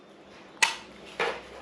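A plastic gimbal protector is slid onto a DJI Air 2S drone's camera gimbal, with the camera facing forward, and pressed in until it gives a sharp click at 0.6 s. A second, softer snap follows at about 1.2 s. The cover clicks but sits crooked, so it is not properly locked.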